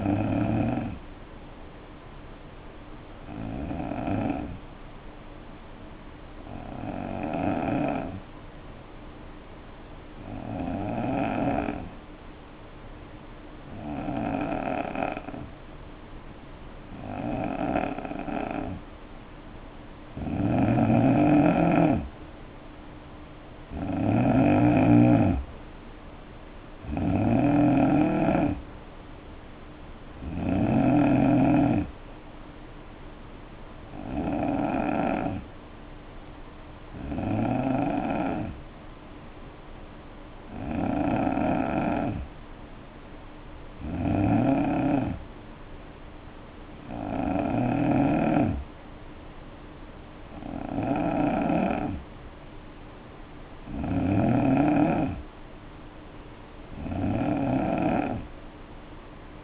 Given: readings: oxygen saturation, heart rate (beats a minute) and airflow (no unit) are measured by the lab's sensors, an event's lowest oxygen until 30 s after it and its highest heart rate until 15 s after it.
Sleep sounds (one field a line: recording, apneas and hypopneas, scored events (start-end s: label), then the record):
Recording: breathing in sleep by a voice recorder at the bedside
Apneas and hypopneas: 2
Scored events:
3.00-21.70 s: hypopnea (N2, oxygen 93% highest, then 84% lowest, heart rate 57 at the start, 67 highest)
34.00-54.20 s: hypopnea (N2, oxygen 93% highest, then 89% lowest, heart rate 63 at the start, 68 highest)
From the record:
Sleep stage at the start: N2 (light sleep)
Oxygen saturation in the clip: 84 to 93%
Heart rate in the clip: 57 to 67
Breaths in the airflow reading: 18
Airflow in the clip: -5.6 to 3.7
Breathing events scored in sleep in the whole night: 520 in 7.2 hours asleep